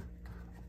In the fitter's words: then turn it sideways like that, now it's locked in a downward position.